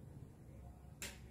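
A FLYTECH 1/4-inch-drive 5–25 Nm torque wrench on a screw is pulled again, with a low, steady hum in the background. It gives a single sharp click at 1.0 s as it reaches its 5 Nm setting, confirming the torque.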